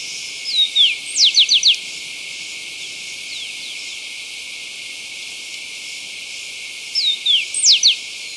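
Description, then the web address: Rufous-collared sparrow song, two phrases about six seconds apart, each of slurred whistles followed by several quick descending notes, over steady hiss. Ecuador. "Natures Songs S America Birds of Ecuador Rufous-Collared Sparrow"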